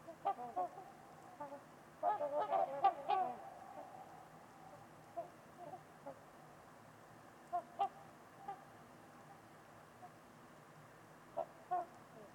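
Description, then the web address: Trumpeter swans honking, a quick burst of several brassy calls early on, then sparse single and paired honks spread through the rest. Several trumpeter swans at Winters Lake in a deep valley on a winter evening amid deep silence with distant white noise. "Trumpeter Swans on a Winter's Eve. Nick-Mc Mahan Winters-Lake-with-Swan. Wind Is the Original Radio"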